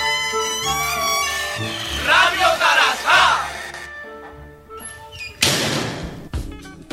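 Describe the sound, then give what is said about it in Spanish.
The door of the premises swings open with a sharp burst of noise near the end, after sustained tones and a loud swell of crowd shouting and cheering. “Se abre la puerta del local.”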